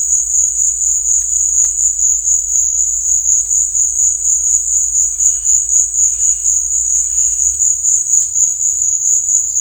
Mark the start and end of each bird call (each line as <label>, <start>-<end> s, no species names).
bird call, 5.05-7.73 s